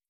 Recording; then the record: hydrophone in a shrimp aquaculture tank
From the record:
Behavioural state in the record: feeding